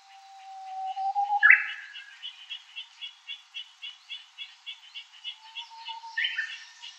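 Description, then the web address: Japanese bush warbler song: a low whistle and sharp flourish, then a steady rapid series of repeated chirps, ending with another flourish. "ウグイス. arpla 鳥の声研究室"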